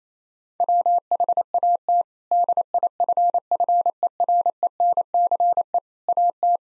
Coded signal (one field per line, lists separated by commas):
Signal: Morse code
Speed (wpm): 28 wpm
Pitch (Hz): 700 Hz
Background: none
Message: WHAT DIFFERENCE AT